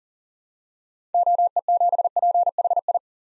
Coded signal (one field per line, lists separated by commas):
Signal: Morse code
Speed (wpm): 37 wpm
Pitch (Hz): 700 Hz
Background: none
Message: OE7PHI